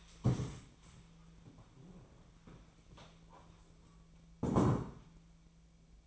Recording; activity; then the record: daily activity, microphone in the room; stand up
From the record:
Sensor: 1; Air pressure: 1000.4 hPa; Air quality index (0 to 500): 178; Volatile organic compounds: 4 ppm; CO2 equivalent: 1646 ppm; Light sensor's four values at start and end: 12/29/12/14 and 12/29/12/14